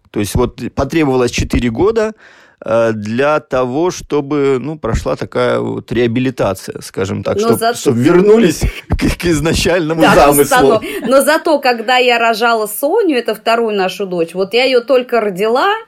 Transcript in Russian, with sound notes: То есть вот потребовалось четыре года для того, чтобы ну прошла такая вот реабилитация, скажем так, чтоб вернулись к изначальному замыслу. (Смеется.)
— Но зато когда я рожала Тоню, это вторую нашу дочь, вот я ее только родила,